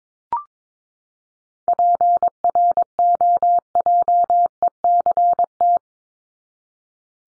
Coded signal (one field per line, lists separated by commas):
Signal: Morse code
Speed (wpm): 22 wpm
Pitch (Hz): 700 Hz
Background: none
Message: PROJECT